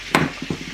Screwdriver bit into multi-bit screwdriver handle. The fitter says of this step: worked great it snapped right in there stays in there